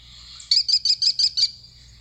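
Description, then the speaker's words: American kestrel call: a quick series of six sharp, high 'klee' notes over about one second, evenly spaced, with a faint steady hum underneath. Male kestrel calling live indoors in a nature center lobby, head and tail bobbing, looking up at the sky; the call most often heard from this bird. "So that's the call of an American kestrel."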